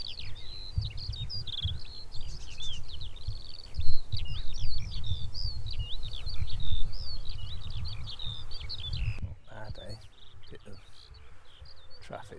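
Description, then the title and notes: Eurasian skylark song, a sustained high chattering warble of rapid slurred notes that breaks off near the end, leaving fainter notes, over low wind noise. Song; recorded by Tony Powell. "2020 BIRD SOUNDS FROM THE FIELD - SKYLARK SONG. A great sounding Skylark in song. Tony Powell"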